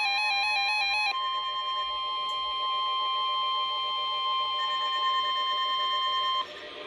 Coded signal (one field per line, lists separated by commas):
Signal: Emergency Alert System (SAME) tones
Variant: 1050 Hz attention tone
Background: music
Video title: A Video I didn’t include in my compilation From 9/21/22 EAS#654-656